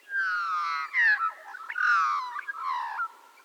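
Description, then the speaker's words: Australian magpie song: rich, flute-like warbled phrases, gliding and slurring downward, one after another with brief breaks. Song described as beautiful and extraordinarily complex, unlike the raspy, squawky calls of crows. "We know our crows can differentiate and remember quite a few people too, but unlike our corvid's raspy and squawky vocalizations, the Australian magpie song is both beautiful and extraordinarily complex."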